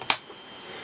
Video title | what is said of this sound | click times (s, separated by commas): Crafters Companion Mini Album Dies Walkthrough | So I've just, you can hear the snap, | 0.1 s